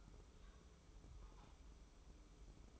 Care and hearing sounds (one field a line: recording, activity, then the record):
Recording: daily activity, microphone in the room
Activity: take from stove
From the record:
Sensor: 1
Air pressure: 995.5 hPa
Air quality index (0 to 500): 30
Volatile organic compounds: 1 ppm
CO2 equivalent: 556 ppm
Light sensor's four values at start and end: 25/91/34/34 and 25/91/34/35